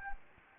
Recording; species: mosquito wingbeat signal from an infrared sensor; Anopheles gambiae